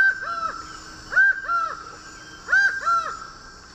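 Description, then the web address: Laughing falcon: three emphatic paired calls, each a strong note followed by a softer echoing one, separated by short pauses, over a faint hum. Song; Eastern Lowlands of South America. "Natures Songs S America Eastern Lowlands Herpetotheres cachinnans, song"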